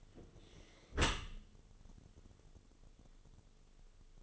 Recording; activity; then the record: daily activity, microphone in the room; close dishwasher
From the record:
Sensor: 4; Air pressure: 1015.8 hPa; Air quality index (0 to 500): 98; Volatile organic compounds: 2 ppm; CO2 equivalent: 1102 ppm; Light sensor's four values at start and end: 8/18/7/7 and 8/18/7/7